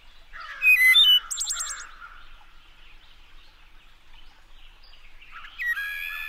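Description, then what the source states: Wood thrush singing flute-like phrases: low fluty notes, then a loud, bright, high trill, a pause, and another fluty phrase ending in a ringing buzzy trill. Recorded by Lang Elliott on a late April day in a deep ravine in the Smoky Mountains, for his Music of Nature series.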